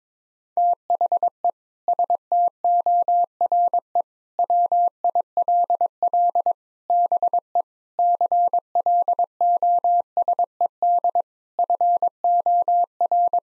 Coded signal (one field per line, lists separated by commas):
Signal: Morse code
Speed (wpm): 22 wpm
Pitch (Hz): 700 Hz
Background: none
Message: THE STORE WILL BE CLOSED FOR